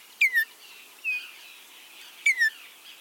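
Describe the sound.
Altamira Oriole calls: three notes about a second apart, the first and last slurring down in pitch, the middle one shorter and flatter, over faint hiss.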